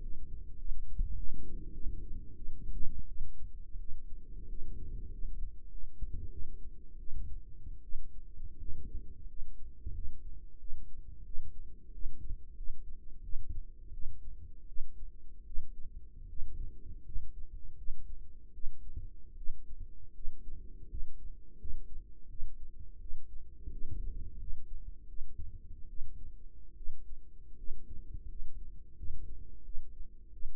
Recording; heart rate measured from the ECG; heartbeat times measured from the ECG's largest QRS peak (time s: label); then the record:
heart sounds by microphone in the right ear; 85 bpm
0.57 s: heartbeat
1.15 s: heartbeat
1.73 s: heartbeat
2.35 s: heartbeat
3.07 s: heartbeat
3.79 s: heartbeat
4.48 s: heartbeat
5.10 s: heartbeat
5.69 s: heartbeat
6.31 s: heartbeat
6.98 s: heartbeat
7.82 s: heartbeat
8.58 s: heartbeat
9.27 s: heartbeat
9.93 s: heartbeat
10.58 s: heartbeat
11.24 s: heartbeat
11.92 s: heartbeat
12.55 s: heartbeat
13.22 s: heartbeat
13.92 s: heartbeat
14.67 s: heartbeat
15.45 s: heartbeat
16.28 s: heartbeat
17.04 s: heartbeat
17.76 s: heartbeat
18.52 s: heartbeat
19.36 s: heartbeat
20.13 s: heartbeat
20.88 s: heartbeat
21.57 s: heartbeat
22.28 s: heartbeat
22.99 s: heartbeat
23.70 s: heartbeat
24.38 s: heartbeat
25.07 s: heartbeat
25.88 s: heartbeat
26.75 s: heartbeat
27.56 s: heartbeat
28.27 s: heartbeat
28.95 s: heartbeat
29.63 s: heartbeat
30.31 s: heartbeat
From the record:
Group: healthy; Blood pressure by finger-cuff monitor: 97/54 mmHg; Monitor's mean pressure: 68 mmHg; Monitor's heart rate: 86 bpm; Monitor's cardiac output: 7.7 L/min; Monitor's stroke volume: 90 mL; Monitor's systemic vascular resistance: 630 dyn s/cm5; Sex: female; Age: 22 years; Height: 157 cm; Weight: 47.6 kg